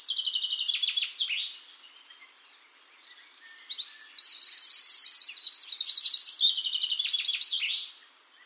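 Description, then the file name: Eurasian wren: short trilled phrase, a pause with faint notes, then a long loud song of high rattling trills and chirps. "Troglodytes troglodytes"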